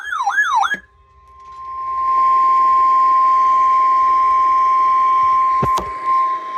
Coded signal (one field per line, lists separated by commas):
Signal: Emergency Alert System (SAME) tones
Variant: 1050 Hz attention tone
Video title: EAS #875 Severe Thunderstorm Warning